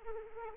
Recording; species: mosquito wingbeat signal from an infrared sensor; Anopheles arabiensis